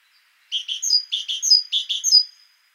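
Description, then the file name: Great tit calls: three quick phrases, each two harsh, buzzy notes followed by a thin, high whistle, delivered in a steady run. "Parus major"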